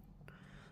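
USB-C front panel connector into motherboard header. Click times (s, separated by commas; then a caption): 0.3 s. A USB-C front-panel connector is pressed down into the motherboard header. One small, sharp click is heard at 0.3 s, standing out against a steady low hum. The connector is seated.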